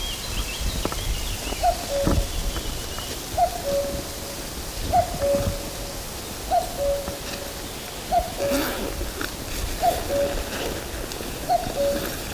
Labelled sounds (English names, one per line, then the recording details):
Common Cuckoo
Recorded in the wild
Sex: male
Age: adult
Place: Mühlenbecker Wald, Brandenburg, DE
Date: 1997-06-07 13:50
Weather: ca. 26°C, heiter, böiger Wind
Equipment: Nagra SN, Kopie Uher 4000 Report Monitor
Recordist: Tembrock, Günter